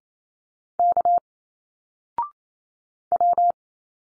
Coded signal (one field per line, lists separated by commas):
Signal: Morse code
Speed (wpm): 27 wpm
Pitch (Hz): 700 Hz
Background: none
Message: K W